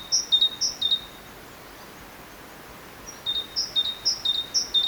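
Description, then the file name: Great tit song: paired whistles, two phrases at the start, then after a pause a steady run of several more. "Parus major"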